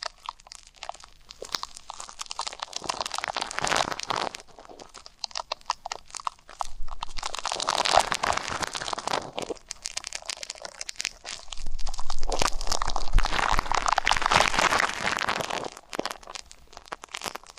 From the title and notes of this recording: ASMR 3D Deep Ear Canal & Eardrum Cleaning (No Talking).